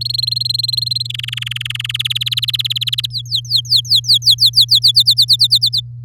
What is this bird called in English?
Domestic Canary